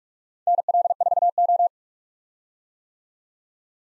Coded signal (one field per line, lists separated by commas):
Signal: Morse code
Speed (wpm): 45 wpm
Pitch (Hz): 700 Hz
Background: none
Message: NL4O